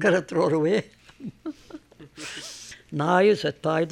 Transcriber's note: she laughs